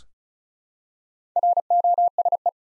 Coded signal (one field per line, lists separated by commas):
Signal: Morse code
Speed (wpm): 36 wpm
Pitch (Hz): 700 Hz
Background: none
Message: ROSE